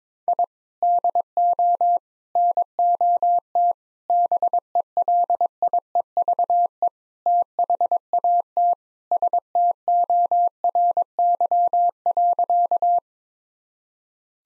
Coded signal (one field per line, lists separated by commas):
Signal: Morse code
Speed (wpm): 22 wpm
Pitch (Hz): 700 Hz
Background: none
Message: I DO NOT BELIEVE THAT STORY.